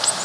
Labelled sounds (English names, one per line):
Blue-winged Warbler flight call